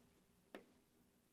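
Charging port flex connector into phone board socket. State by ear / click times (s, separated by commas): seated / 0.5 s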